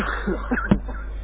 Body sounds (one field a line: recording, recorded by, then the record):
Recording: voluntary cough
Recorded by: telephone call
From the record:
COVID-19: positive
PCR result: checked with the laboratory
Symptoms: no